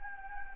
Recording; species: mosquito wingbeat signal from an infrared sensor; Anopheles gambiae